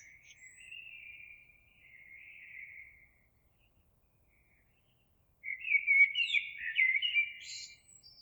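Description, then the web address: Eurasian blackbird song with soft low fluting notes, a quiet gap, then a louder rich warbling phrase finishing in high thin squeaks. Recorded 26 April 2022. "oiseaux Merle 2022 04 26"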